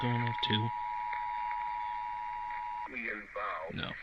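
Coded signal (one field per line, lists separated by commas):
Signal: Emergency Alert System (SAME) tones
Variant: 853 and 960 Hz attention tone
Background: speech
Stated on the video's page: Compilation of EAS tests from October 2025.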